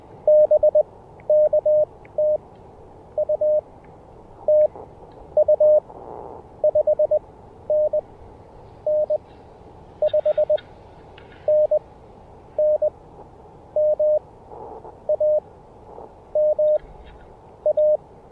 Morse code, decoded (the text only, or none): BK TU TU 5NN 5NN MA MA